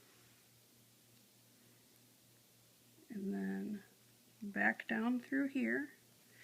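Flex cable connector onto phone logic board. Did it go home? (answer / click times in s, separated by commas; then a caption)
no / none. During iPhone 4S reassembly, a flex cable is routed around a screw and down toward a circular connector on the phone's logic board. Someone talks over a faint, steady low hum, with speech from about 3.1 to 3.8 seconds and again from 4.4 to 5.9 seconds. The clip ends before the cable is pressed in, so the connector has not snapped into place yet.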